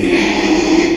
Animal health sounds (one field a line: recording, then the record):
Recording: squeal of a Yucatan mini pig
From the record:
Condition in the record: after surgery on the right vocal fold (resection and tissue-engineered implant)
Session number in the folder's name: 2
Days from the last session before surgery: 13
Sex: male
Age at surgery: 12 weeks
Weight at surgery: 13 kg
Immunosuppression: cyclosporine, prednisolone